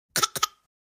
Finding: Baby cough.